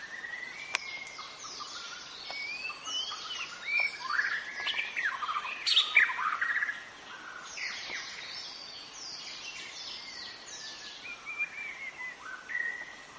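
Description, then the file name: White-rumped shama song: a dense, varied stream of whistled phrases, rising and falling sweeps and rapid chattering notes, building louder near the middle before softening again. Forest white-rumped shama, called 'murai batu hutan'. "suara muraibatu hutan omkicau"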